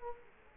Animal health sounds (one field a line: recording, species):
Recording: mosquito wingbeat signal from an infrared sensor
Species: Culex quinquefasciatus